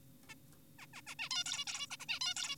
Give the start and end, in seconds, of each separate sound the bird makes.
0.29-0.34, 0.79-0.86, 0.94-1.02, 1.07-1.15, 1.19-1.29, 1.31-1.44, 1.46-1.65, 1.67-1.87, 1.91-1.97, 2.00-2.06, 2.09-2.20, 2.21-2.34, 2.36-2.56